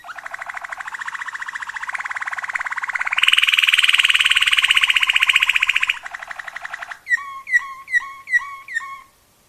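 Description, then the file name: Waterslager canary song: long buzzy rolling trills, swelling louder in the middle, then a series of clear liquid up-and-down whistled notes repeated quickly. Waterslager canary song variations. "kenari waterslager variasi omkicau"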